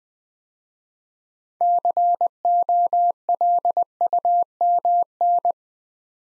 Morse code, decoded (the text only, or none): COLUMN